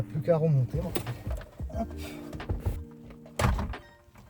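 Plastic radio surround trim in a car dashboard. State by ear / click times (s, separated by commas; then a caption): seated / 3.4 s. The plastic radio surround trim of a 2002 Toyota Avensis Verso is refitted into the dashboard, its pins going into the holes. Someone talks over faint background music, then small plastic knocks lead to a sharp clip at 3.4 s as the frame seats back in.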